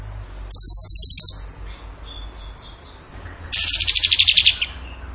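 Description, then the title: Bird singing a brisk high trill, soft twittering notes in between, then a second rapid trill that drifts slightly downward. Song in the tembakan gacor style, used as masteran training for songbirds. "Masteran Burung Tembakan Gacor"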